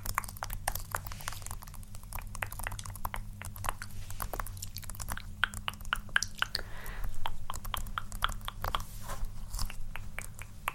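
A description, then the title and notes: Layered mouth sounds mix with quick tapping and scratching, a dense run of short sharp clicks and crackles that come several times a second without a steady beat. Under them sits a constant low hum, and around seven seconds the clicking briefly grows louder and busier. ASMR Personal Attention For EXTREME Tingles Tapping, Scratching, Layered, Mouth Sounds.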